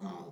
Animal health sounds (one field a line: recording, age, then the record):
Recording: pig call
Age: piglet (1 to 25 days)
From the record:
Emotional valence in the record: negative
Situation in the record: long isolation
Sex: male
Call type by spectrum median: low-frequency call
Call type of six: low-frequency stable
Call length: 0.32 s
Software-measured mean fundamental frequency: 68 Hz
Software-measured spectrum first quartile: 203 Hz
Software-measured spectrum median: 376 Hz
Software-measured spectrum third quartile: 847 Hz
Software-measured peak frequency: 191 Hz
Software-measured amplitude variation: 86 dB a second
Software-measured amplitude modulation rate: 19.1 a second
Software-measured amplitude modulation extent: 4.5 dB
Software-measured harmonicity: 4.8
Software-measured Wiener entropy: -0.35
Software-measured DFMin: 1020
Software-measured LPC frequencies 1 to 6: 2005, 3354, 5497, 6283, 10077, 10970 Hz